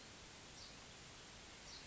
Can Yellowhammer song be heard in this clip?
no